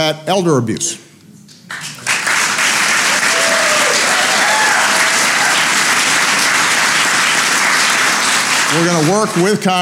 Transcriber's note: applause